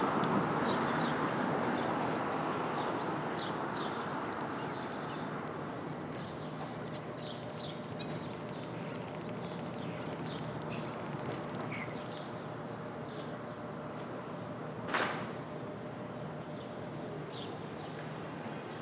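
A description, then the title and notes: Street traffic at dawn rumbles as a steady low wash, loudest at the start and easing slightly over the first few seconds. Short bird chirps sprinkle the upper range throughout, and a single sharp click or knock lands near fifteen seconds. Brooklyn Dawn, 4 - 17 - 20, Street Traffic II.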